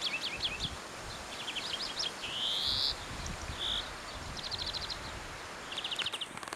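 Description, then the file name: European greenfinch calling with rapid twittering trills and a drawn-out, buzzy, rising wheeze in the middle, then more trilled bursts, over soft background rustle. "Chloris chloris"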